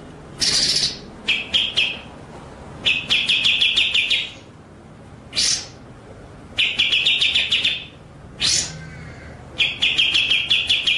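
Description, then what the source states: White-rumped shama song: bursts of rapid repeated chips near mid-high pitch, alternating with loud sweeping whistled notes, phrases separated by short pauses. Masteran training track of rolling continuous song with sharp shooting notes (ngerol, nembak).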